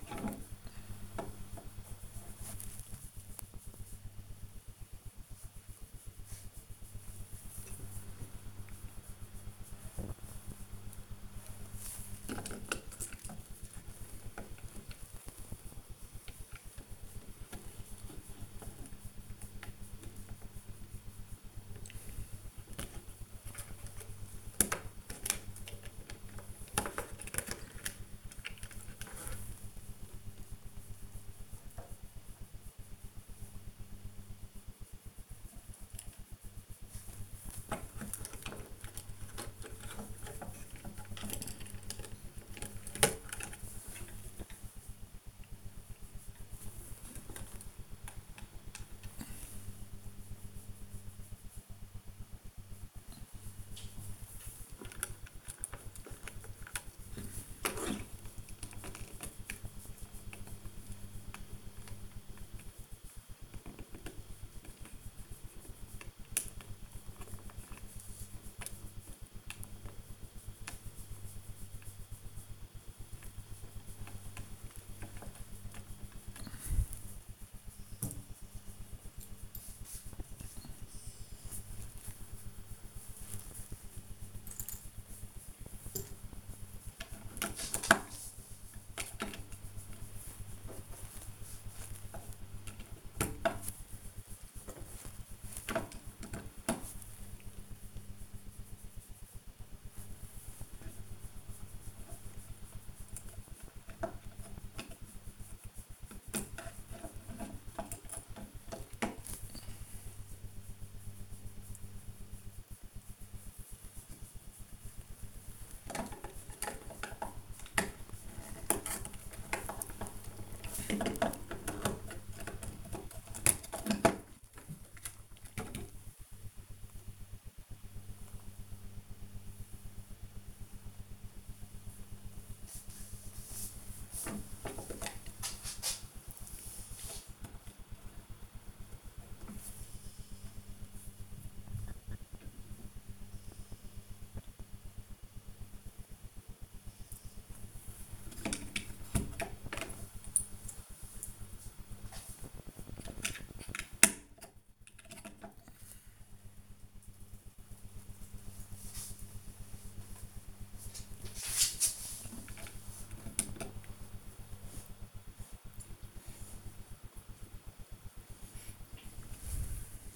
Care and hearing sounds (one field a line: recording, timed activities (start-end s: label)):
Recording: household activities, microphone on the right wrist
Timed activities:
0.00-159.87 s: building with lego
161.88-170.16 s: building with lego